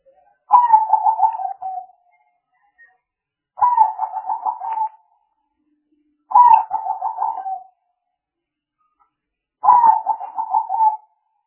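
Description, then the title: Spotted dove cooing: four pulsed, mellow coo phrases, each falling slightly at the end, separated by silent pauses. Used as a lure for trapping spotted doves. "Pikat Burung Tekukur"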